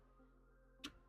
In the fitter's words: like that and then pull up and click.